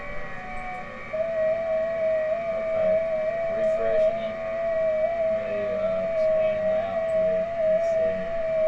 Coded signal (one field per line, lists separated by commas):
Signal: FT8